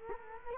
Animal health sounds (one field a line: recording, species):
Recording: mosquito wingbeat signal from an infrared sensor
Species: Culex quinquefasciatus